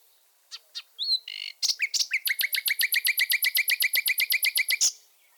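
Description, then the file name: Common nightingale song: a few varied chirps and a rattle, then a long rapid run of many loud, identical notes before stopping. "fulemule"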